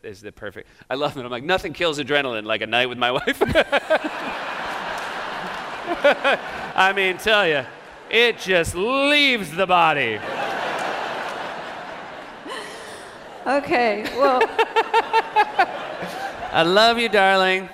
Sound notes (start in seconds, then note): 3.1 laughter; 10.1 laughter; 13.9 laughter